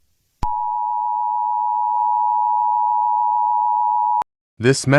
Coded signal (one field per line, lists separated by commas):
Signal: Emergency Alert System (SAME) tones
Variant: 853 and 960 Hz attention tone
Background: speech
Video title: EAS Scenario - The Radio Demon (Hazbin Hotel)